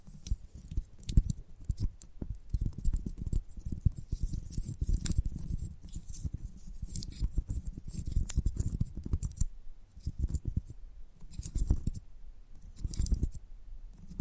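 Gentle tapping comes in fast, dense clusters of small clicks, with a soft low thud under many taps and a crisp, bright tick on top. The rhythm is irregular, thinning into brief pauses near 10 and 12 seconds before picking up again.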